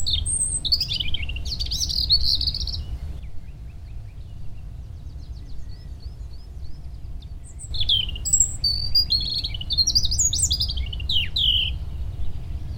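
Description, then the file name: European robin song: high, fluttering phrases of thin whistles and rapid trills. One burst comes early, a quiet pause follows, then a second run of varied warbling, over low background rumble. Recorded 24 April 2018. "Rougegorge 2018-04-24"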